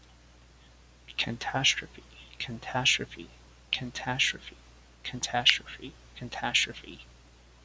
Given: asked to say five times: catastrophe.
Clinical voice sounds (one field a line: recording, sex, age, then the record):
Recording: repeated word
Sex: male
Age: 30 to 39 years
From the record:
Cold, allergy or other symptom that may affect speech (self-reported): no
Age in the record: 32 years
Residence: New York, United States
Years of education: 16